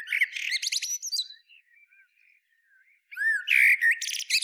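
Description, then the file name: Eurasian blackbird song: a warbled phrase with high twittering, a pause with soft quiet notes, then another loud squeaky phrase. "Turdus merula"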